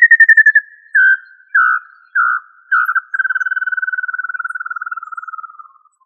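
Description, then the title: Tinamou whistled call: a brief fast trill, then several separate drawn-out whistles falling in pitch, ending in a long, fluttering, descending trill that fades away. "Familia Tinamidae - Quail - Puyuh"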